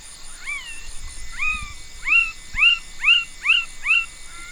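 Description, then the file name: Side-spotted frog calling, a series of short, rising-then-falling harmonic notes repeated about every half second, with a steady high insect drone behind. "Pulchrana laterimaculata"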